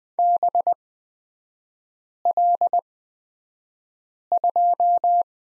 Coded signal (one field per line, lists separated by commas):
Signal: Morse code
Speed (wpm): 20 wpm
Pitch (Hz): 700 Hz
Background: none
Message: BL2